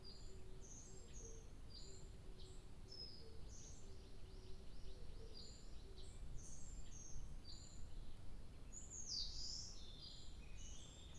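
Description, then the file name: Bird song: many rapid high chirps and short notes, a sharper sweeping call near the end, over a faint repeated lower note and constant low rumble. 2 July 2023. "birdsong 20230702"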